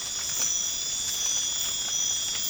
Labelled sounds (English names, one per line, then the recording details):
none
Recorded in pastures near Puerto Asís, Putumayo, Colombia, on 12 March 2025 at 00:00
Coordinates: 0.502, -76.324
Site GP07